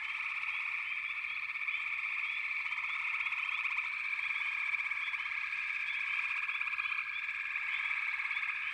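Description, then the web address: Frog chorus of dense, unbroken trilling, dotted with brief chirps from single frogs. "Nature Songs Nature Sounds The Natural Sounds of the Wilderness 10 CDs collection Echoes of Nature - Frog Chorus"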